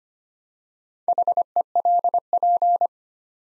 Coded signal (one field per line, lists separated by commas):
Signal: Morse code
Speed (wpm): 25 wpm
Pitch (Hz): 700 Hz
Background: none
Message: HELP